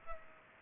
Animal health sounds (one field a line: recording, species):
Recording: mosquito wingbeat signal from an infrared sensor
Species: Culex pipiens